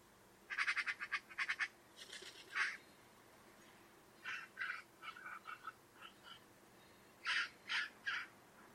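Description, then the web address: Bird chatter: rapid bursts of harsh, rasping notes, a fast run at the start, then looser scattered notes and a final group of three. "Deverinetal 2025 File origin Bird Only"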